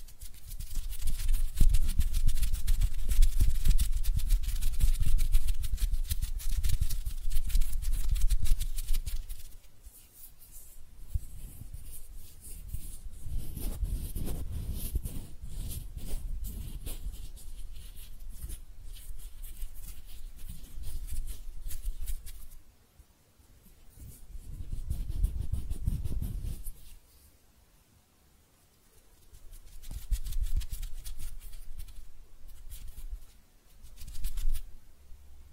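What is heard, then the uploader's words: Hands rub, brush and pat. The first ten seconds are dense and loud with low thumps and scratchy friction, then the sounds come in softer swells around 15, 25 and 35 seconds with near-silent gaps between. ASMR Relaxing Hand Sounds (No Talking).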